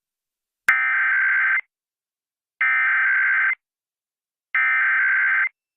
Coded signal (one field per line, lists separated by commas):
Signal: Emergency Alert System (SAME) tones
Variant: header bursts